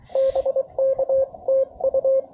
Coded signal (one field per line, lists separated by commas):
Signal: Morse code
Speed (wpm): 27 wpm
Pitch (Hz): 530 Hz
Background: radio noise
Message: BK TU